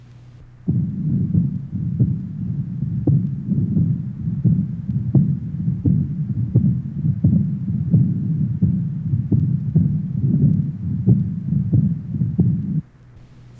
Age 38, rheumatic heart disease with aortic insufficiency, aortic area.